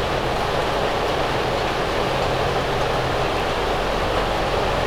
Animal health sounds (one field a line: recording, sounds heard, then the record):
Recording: poultry house recording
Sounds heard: no chicken sound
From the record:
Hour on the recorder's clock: 8